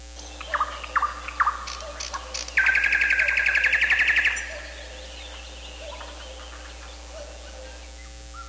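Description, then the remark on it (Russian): A cuckoo and nightingales singing: a few short, sharp whistled notes, then a loud, rapid rattling trill for about two seconds, fading into soft scattered chirps with no voices. “Кукушке с соловьями радость детства. Послушайте родные голоса, они любимой родины наследство.”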